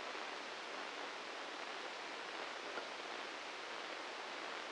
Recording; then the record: brain microelectrode recording played as sound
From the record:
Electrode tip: inside the subthalamic nucleus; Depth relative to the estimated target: 0 mm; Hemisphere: left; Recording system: NeuroSet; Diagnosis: Parkinson's disease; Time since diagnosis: 10 years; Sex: male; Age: 56 years